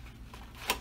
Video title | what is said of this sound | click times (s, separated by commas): LCEMS ZOLL AUTO PULSE | lock it down one two clip clip you're good to go | 0.3 s, 0.7 s